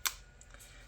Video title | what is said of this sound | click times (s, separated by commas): Honda 4-Track (High-Security) Ignition Teardown and Repair | that did something I heard it snap back out okay now this is sitting loose so | 0.1 s